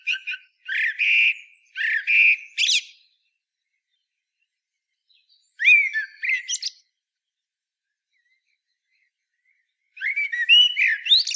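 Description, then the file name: Common blackbird song in three separate phrases with silent gaps, mixing fluty whistles and thin, high squeaky notes. "Turdus merula"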